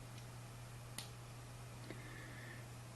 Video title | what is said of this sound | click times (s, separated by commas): Medtronic VEO Silhouette Infusion setup | you'll hear it click | 1.0 s